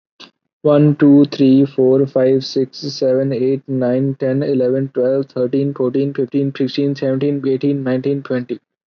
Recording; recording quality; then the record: counting at a normal pace; excellent, no background noise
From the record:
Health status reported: COVID-19 positive, mild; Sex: male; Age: 23 years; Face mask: not worn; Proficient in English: yes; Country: India